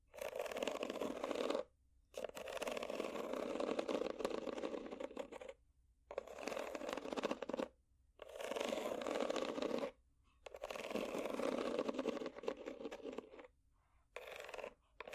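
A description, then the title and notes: Scratching over ridges comes in long, dense rasping strokes, each lasting two to four seconds, broken by brief silent pauses about every few seconds. The scraping has a steady, gritty texture with a slightly hollow midrange tone, and the final strokes are shorter. ASMR Scratching Ridges For Tingles （No Talking）.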